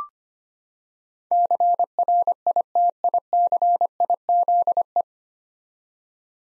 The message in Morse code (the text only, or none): CRITICIZE